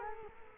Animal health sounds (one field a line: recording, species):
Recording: mosquito wingbeat signal from an infrared sensor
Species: Culex quinquefasciatus